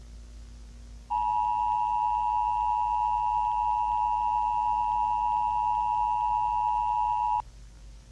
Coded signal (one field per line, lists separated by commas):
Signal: Emergency Alert System (SAME) tones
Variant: 853 and 960 Hz attention tone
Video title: EAS Scenario #8 - The Continental Storm